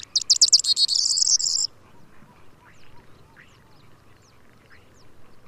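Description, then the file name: Corn bunting song: a quick stutter of notes running into a dry, jangling high trill lasting under two seconds, then faint thin downslurred notes. "Mathias Ritschard - Prosyanka Emberiza calandra"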